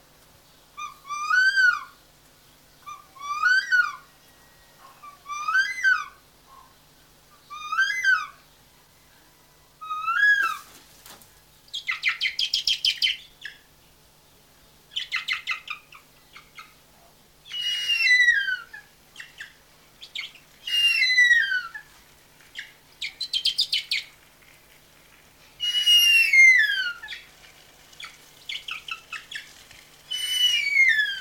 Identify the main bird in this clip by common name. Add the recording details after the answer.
Harpy Eagle. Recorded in captivity. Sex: male. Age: adult. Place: Tierpark Berlin, Berlin, DE. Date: 1983-10-01 10:46. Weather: sonnig ca. 6°C, leichter Wind. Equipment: Nagra SN, Kopie Uher 4000 Report Monitor. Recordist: Tembrock, Günter